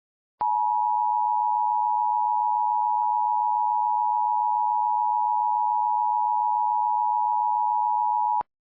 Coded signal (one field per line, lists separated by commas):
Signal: Emergency Alert System (SAME) tones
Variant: 853 and 960 Hz attention tone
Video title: EAS Mock Remake: Dixie alley